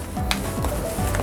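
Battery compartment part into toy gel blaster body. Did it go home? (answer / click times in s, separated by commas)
no / none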